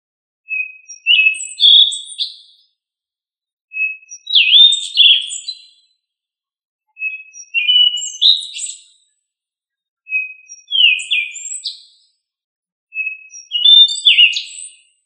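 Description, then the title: Thrush song: five separate phrases about every three seconds, each starting with a short whistle and breaking into varied higher notes, with silence between. "Familia Turdidae - Sabia"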